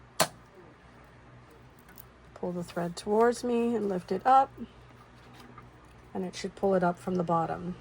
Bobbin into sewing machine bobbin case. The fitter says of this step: Put the bobbin in till it clicks.